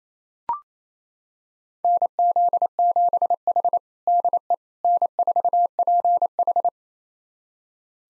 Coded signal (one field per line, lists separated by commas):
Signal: Morse code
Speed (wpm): 28 wpm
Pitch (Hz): 700 Hz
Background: none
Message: NZ7H DE N4PH